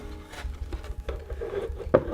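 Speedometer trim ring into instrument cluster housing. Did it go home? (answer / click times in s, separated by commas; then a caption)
yes / 1.9 s. A plastic speedometer trim ring is pressed by hand into the instrument cluster housing of an E46, taking two hands and fitting in from the front. Soft rubbing and handling noises build up until a sharp click at 1.9 s, when the ring clips in and is seated.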